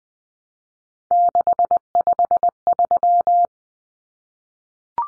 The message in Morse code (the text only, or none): 653